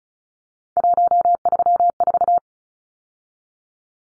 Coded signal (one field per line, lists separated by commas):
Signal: Morse code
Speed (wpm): 34 wpm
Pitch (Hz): 700 Hz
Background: none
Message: 134